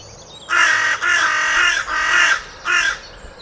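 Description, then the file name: Carrion crow cawing, four harsh, hoarse caws in quick succession, the last one shorter after a brief pause. "Corvus corone"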